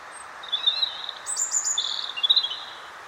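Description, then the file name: European robin song, a thin high warbled phrase of sustained whistles and quick trills that shift abruptly in pitch, over a soft steady background hiss. "Erithacus rubecula"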